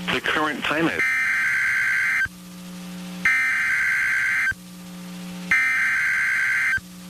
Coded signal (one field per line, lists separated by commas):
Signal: Emergency Alert System (SAME) tones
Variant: header bursts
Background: speech